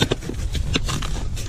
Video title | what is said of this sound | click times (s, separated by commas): French Drain and Foundation Drainage, How to for Homeowners | but it just snaps together and you hear it heard it click so it doesn't come apart really nice little | 0.8 s